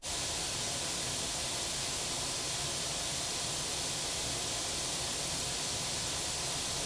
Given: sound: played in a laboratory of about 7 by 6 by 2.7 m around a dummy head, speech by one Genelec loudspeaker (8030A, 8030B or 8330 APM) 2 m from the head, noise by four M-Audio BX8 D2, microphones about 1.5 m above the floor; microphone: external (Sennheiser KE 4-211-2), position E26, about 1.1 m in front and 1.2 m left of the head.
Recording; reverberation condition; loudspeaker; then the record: white noise; low; four, about 170 cm from the corners of the room and facing them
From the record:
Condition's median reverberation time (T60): about 310 ms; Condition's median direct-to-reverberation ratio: about 3.5 dB